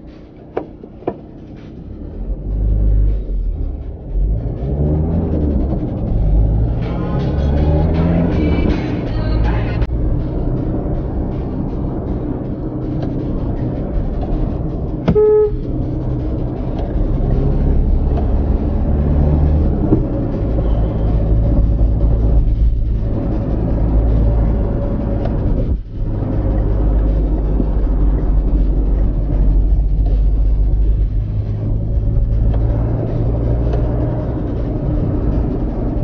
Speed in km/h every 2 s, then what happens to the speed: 0, 0, 15, 26, 32, 37, 37, 35, 39, 44, 44, 45, 44, 40, 39, 42, 47, 47.
0-2 standing. 2-10 pulls away to 37. 10-15 steady at about 37. 15-18 speeds up to 44. 28-32 speeds up to 47.